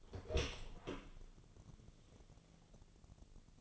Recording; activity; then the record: daily activity, microphone in the room; open door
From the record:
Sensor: 4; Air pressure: 1001.2 hPa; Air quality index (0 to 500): 185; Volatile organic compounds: 3 ppm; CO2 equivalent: 1323 ppm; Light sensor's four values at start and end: 16/37/15/15 and 14/33/13/14